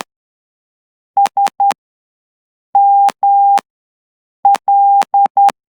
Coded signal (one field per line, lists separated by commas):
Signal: Morse code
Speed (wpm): 10 wpm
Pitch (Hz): 800 Hz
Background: none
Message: SML